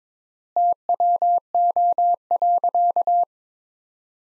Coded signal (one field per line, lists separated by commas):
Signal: Morse code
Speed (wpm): 23 wpm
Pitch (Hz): 700 Hz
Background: none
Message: TWO.